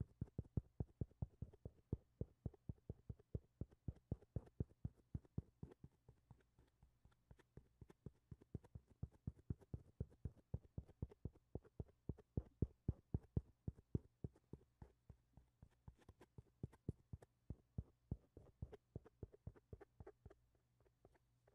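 Mic touching: a fast, steady run of sharp taps and knocks, several per second, for the whole 22 seconds, with uneven loudness from tap to tap. Each hit is short and thumpy with a bright click on top, over a low, constant hum.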